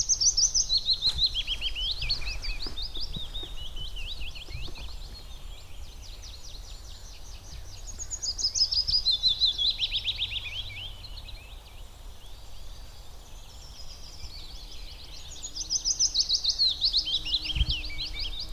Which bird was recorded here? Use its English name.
Willow Warbler